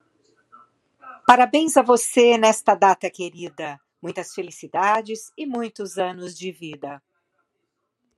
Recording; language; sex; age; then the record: short text; Brazilian Portuguese; female; 60 to 69 years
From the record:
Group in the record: control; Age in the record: 62 years